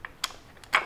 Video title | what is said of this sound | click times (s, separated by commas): More Power Puller - Tensioning the Cable | You'll hear it snap, | 0.8 s